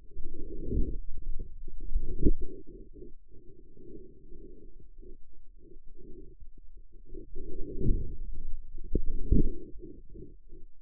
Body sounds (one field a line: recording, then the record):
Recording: forearm muscle sounds (acoustic myography)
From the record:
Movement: outward rotation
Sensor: system 2, bracelet of six BSWA MPA416 microphones around the upper forearm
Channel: 5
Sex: male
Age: 22 years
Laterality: right